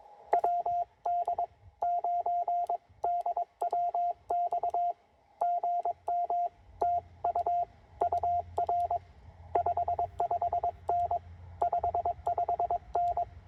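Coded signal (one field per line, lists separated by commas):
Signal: Morse code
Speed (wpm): 22 wpm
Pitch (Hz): 690 Hz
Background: none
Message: WD9DWX GM TU UR 55N 55N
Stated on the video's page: CW Parks on the Air activation at a state park using a Penntek TR-45L, under poor conditions.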